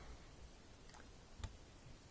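The release button on the middle blue water filter cartridge is pressed, and a sharp click sounds at 1.4 s, preceded by a fainter tick around 0.9 s. The cartridge unlatches from the filter head and drops out full of water.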